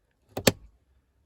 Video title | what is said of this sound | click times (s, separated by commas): DIY - 2014 Kia Sportage 2.0 CRDI: Full service (air, cabin, oil filters and oil) | until it clicks | 0.5 s